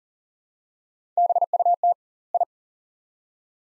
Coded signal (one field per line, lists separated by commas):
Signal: Morse code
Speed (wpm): 40 wpm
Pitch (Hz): 700 Hz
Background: none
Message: BUT I